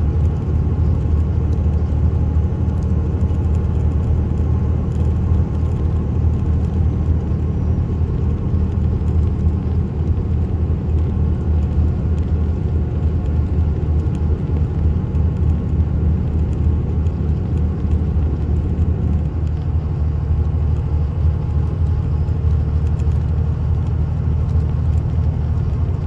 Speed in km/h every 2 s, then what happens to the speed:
105, 106, 106, 106, 105, 105, 105, 105, 103, 103, 105, 105, 106.
0-26 steady at about 105.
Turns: none.